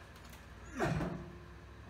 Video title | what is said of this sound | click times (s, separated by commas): Bootz Nextile tub Surround Install | It doesn't snap in. I don't know. | none